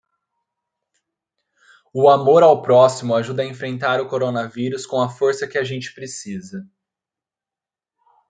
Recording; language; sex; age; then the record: spoken sentence; Brazilian Portuguese; male; 20 to 29 years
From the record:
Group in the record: control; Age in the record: 29 years